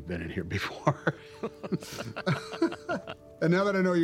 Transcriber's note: laughter